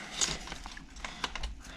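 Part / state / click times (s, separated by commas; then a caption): battery pack into drone battery bay / not seated / none. A plastic battery pack for a Holy Stone HS720E drone is handled and pushed toward its bay on the drone body, giving light plastic rattles and brief sharp taps around 0.2, 1.0 and 1.2 seconds. Nothing has seated or clicked yet; the battery is not yet latched in.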